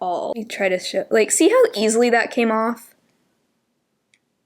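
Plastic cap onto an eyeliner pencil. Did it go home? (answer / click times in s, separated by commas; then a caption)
partly / 4.1 s. Someone talks for about three seconds, then a plastic cap is pushed back onto a drugstore eyeliner pencil after being pulled off to show how easily it comes off. It gives only a faint tick at 4.1 s. The cap barely snaps into place and won't stay on securely.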